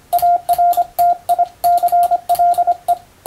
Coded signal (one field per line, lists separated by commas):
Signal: Morse code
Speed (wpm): 25 wpm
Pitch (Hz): 700 Hz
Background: radio noise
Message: ARTICLE